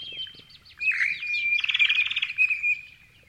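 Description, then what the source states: Grey-fronted honeyeaters chirping: overlapping squeaky, slurred notes and a rapid buzzy rattle in the middle, over a thin whistled tone that runs throughout. Several grey-fronted honeyeaters chirping.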